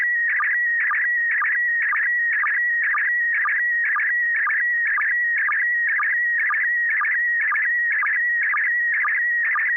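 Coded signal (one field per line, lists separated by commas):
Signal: SSTV (slow-scan television)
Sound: steady whistling tone broken by rapid warbling chirps about twice a second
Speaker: good evening uh kl7hqr yes i copied uh very well although quite a few pops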